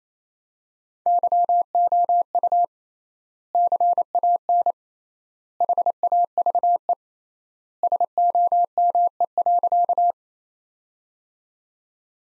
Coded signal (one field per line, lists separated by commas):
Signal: Morse code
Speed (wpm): 28 wpm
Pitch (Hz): 700 Hz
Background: none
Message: YOU CAN HAVE SOME.